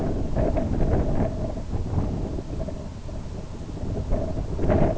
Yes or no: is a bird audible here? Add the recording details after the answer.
no. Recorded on Arctic tundra, site IGLO-B, on 27 June 2018. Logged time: 03:59